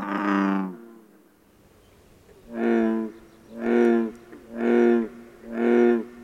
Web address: Wildlife Sounds. Bull Frog